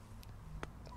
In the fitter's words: there it is i heard one click